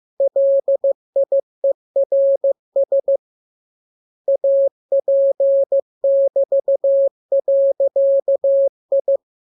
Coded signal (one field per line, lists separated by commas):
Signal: Morse code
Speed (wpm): 15 wpm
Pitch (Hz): 550 Hz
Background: none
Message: LIERS AP<BT>.I